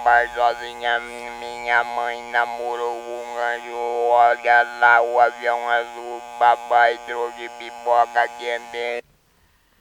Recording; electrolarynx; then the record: speech with an electrolarynx; modified device, with random pitch perturbation and pitch set by sex and age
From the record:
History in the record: total laryngectomy